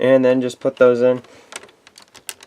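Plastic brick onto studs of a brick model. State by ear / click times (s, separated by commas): not seated / none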